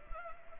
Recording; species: mosquito wingbeat signal from an infrared sensor; Culex pipiens